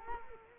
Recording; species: mosquito wingbeat signal from an infrared sensor; Culex quinquefasciatus